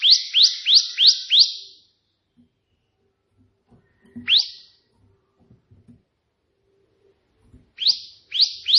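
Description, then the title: Prinia song: a fast run of five sharp rising chirps, then a lone chirp, then another quick burst near the end, with faint low clicks between. Three song variations ('tembakan') of a prenjak putih, offered as tutoring material (masteran) for pet prinias. "3 VARIASI TEMBAKAN prenjak putih ini COCOK untuk masteran prenjak anda"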